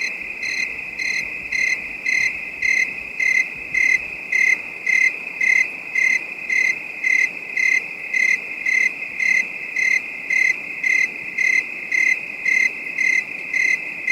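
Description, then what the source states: Crickets chirping, bright pulsed notes repeated about twice a second in an even rhythm over a constant high drone. Calm, distant night bed of high-pitched crickets.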